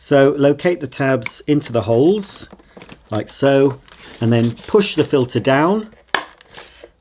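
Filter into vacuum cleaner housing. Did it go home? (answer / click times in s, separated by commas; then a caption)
yes / 6.1 s. Someone talks while the cleaned, dry rear filter of a Shark Stratos vacuum cleaner is reassembled to fix a loss of performance, with its two tabs located into the two holes and the filter pushed down into the vacuum housing. A sharp, loud click at 6.2 seconds shows the filter seating into place.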